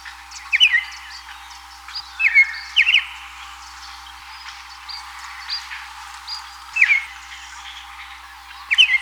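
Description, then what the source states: Black-backed grosbeak singing short whistled phrases at irregular intervals, with faint chips and other soft bird notes in between. Ecuador.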